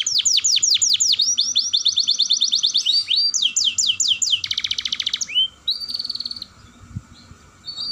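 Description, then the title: Atlantic canary song opening with rapid repeated down-slurred notes, then a dense rolling trill and whistled phrases, sustained and vigorous before tapering off. Singing actively (gacor) with a long rolling song phrase ('roll panjang'). "Kenari Gacor Dor Roll Panjang"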